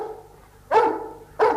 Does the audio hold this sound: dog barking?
yes